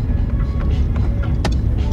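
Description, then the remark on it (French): A car engine rumbles low and steady throughout, with a continuous road-like drone and a few short, sharp clicks or knocks rising briefly above it, as the car arrives and looks for a parking place. “Et on arrive, on va pouvoir travailler. Il faut trouver une place. Décharger le matériel qu'il y a dans la voiture.”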